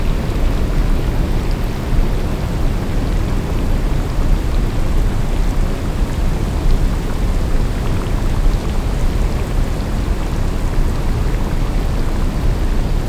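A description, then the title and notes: Brown-noise-style rain: a dense, steady roar weighted heavily toward the low end, with a faint hiss above. Countless tiny patters blur into one constant wash that holds the same level for the whole stretch, with no distinct drops or thunder standing out. BROWN RAIN • Organic Brown Noise.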